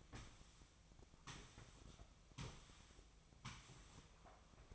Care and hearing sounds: daily activity, microphone in the room; sweep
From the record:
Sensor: 1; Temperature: 24.0 degrees Celsius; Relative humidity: 35.2%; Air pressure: 1004.7 hPa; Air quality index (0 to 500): 97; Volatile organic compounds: 3 ppm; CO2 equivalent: 1324 ppm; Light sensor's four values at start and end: 9/22/8/9 and 9/22/8/9

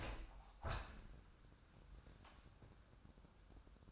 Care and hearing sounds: daily activity, microphone in the room; open window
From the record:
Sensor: 2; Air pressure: 997.8 hPa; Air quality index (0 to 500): 128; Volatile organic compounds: 3 ppm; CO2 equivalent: 1448 ppm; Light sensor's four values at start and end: 11/32/13/12 and 11/32/13/12

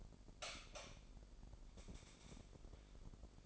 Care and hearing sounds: daily activity, microphone in the room; light on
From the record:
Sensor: 5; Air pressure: 995.4 hPa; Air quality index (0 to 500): 92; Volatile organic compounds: 5 ppm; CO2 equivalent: 1735 ppm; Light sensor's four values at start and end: 35/81/33/33 and 36/87/35/35

